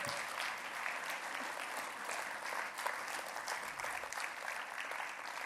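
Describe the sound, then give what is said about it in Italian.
A crowd applauding steadily, a dense, continuous patter of many hands clapping at an even level throughout, with no voices standing out. “Beh, un applauso lo farei, no?”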